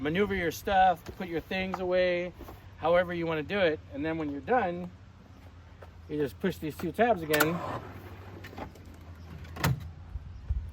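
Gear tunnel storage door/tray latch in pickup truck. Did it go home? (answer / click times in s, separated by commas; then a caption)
yes / 9.6 s. Someone talks while pressing the two release tabs on the gear tunnel storage door/tray in a Rivian R1T pickup truck, and the piece slides off. A soft knock comes first, then a sharp, louder click at 9.6 s as the gear tunnel latch locks into place.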